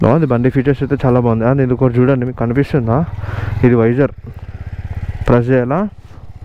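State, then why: Not seated. Someone talks while the adjustable windscreen visor on the front fairing of an XMR210CC motorcycle is pressed upward by hand, with a low, steady rumble running underneath. The visor is being handled but has not locked in its raised position yet; nothing has seated or clicked.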